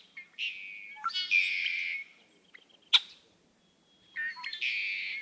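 Red-winged blackbird giving two buzzy trilled songs, each opened by short clicking notes, separated by a sharp single tick and a quiet pause.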